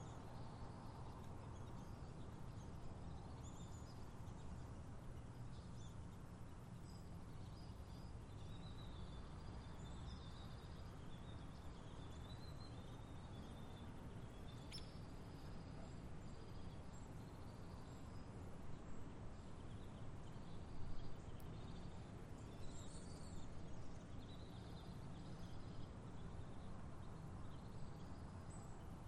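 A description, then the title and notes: Birds chirp through the late morning, their short calls repeating in bright bursts scattered across the whole stretch. Underneath runs a steady low rumble that never lets up, and a single sharp click stands out around the middle. Birds Chirping in the Late Morning. A lazy late morning at an empty park.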